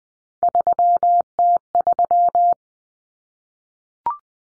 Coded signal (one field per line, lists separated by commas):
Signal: Morse code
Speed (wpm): 20 wpm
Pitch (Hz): 700 Hz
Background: none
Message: 3T3